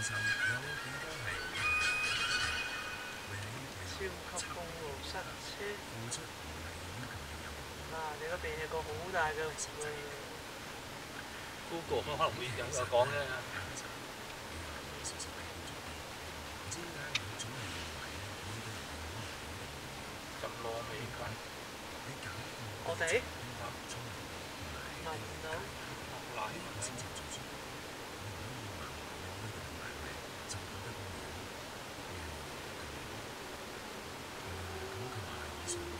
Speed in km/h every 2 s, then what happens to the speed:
19, 22, 22, 22, 23, 22, 23, 23, 24, 24, 25, 25, 26, 27, 26, 25, 25, 21.
0-36 steady at about 23.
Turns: none.